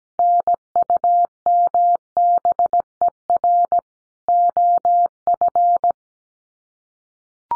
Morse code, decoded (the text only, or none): NUMBER OF